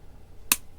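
A swappable battery module is pushed back into a Cayin C9 II portable headphone amplifier. A single sharp click sounds at 0.5 s over low background noise. The module seats in place.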